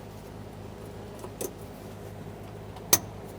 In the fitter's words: there was an audible click we'll give it a tug